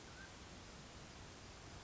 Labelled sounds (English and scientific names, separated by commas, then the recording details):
Mountain Quail (Oreortyx pictus)
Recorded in Sonoma County, California